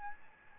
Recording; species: mosquito wingbeat signal from an infrared sensor; Aedes albopictus